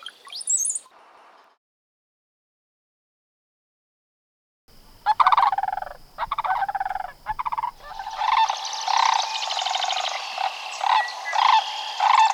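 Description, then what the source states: Sandhill Crane rattle: after a brief high chirp and a few seconds of silence, rolling, resonant rattling calls begin, growing fuller and more continuous toward the end. Described as a rolling, resonant rattle.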